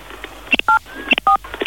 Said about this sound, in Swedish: Om du trycker på 3 valfria knappar på din telefon och du gör det... Vadå valfria? Vilka knappar som helst och du gör det nu!